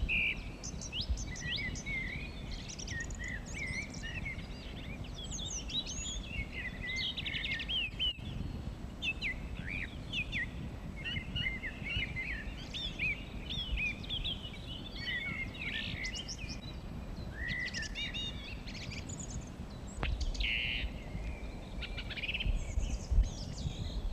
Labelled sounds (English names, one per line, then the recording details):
Song Thrush song
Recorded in the wild
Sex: male
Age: adult
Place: Mirnock, Kärnten, AT
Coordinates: 46.75, 13.73
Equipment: Uher 4000, Phillips Mikrofon
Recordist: Brunner, Thomas
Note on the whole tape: Frühjahr 1967, in der Nähe des Müllner Gatter aufgenommen